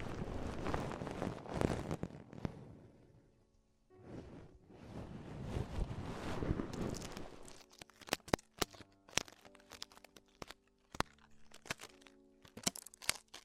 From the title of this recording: Extremely Tingly Ear Exploration